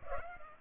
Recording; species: mosquito wingbeat signal from an infrared sensor; Culex pipiens